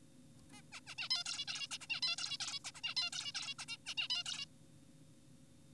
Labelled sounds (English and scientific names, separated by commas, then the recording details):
Zebra Finch (Taeniopygia guttata)
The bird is an adult
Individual g4p5U